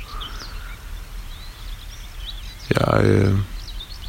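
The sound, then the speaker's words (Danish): Common whitethroats sing on the dunes at Grenen, Denmark, on a still summer morning just after sunrise, in faint, scratchy warbling phrases throughout, over a low rumbling background, while a brief loud droning, voice-like sound swells and cuts off near the end. “Og rundt omkring mig synger tornsangerne.”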